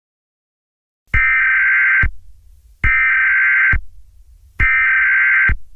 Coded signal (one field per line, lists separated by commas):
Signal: Emergency Alert System (SAME) tones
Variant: header bursts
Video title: EAS Scenario 3. Technology rebels